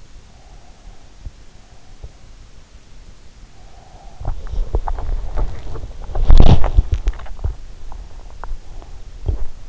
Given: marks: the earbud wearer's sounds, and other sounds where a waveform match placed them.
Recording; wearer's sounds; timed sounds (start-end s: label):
sounds in sleep by an in-ear microphone; breath, body movement
0.13-2.20 s: breath
3.55-5.60 s: breath
4.13-9.69 s: body movement